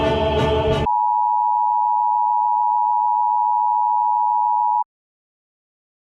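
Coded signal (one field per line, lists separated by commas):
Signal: Emergency Alert System (SAME) tones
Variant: 853 and 960 Hz attention tone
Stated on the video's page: Fake mock South African emergency alert, made up.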